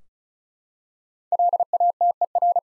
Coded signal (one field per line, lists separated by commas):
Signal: Morse code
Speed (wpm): 36 wpm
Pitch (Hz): 700 Hz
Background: none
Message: LATER